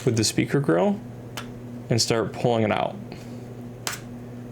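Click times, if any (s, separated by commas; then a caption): 3.9 s. Someone talks while the plastic back shell of a Nintendo Switch Lite handheld game console is pulled off by hand from the bottom near the speaker grill. A plastic retaining clip lets go with a sharp snap at 3.9 s, releasing the shell.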